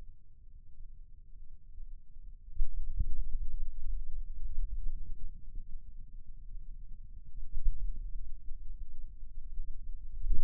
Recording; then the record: forearm muscle sounds (acoustic myography)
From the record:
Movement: finger pinch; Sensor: system 2, bracelet of six BSWA MPA416 microphones around the upper forearm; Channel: 6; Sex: male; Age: 22 years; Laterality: right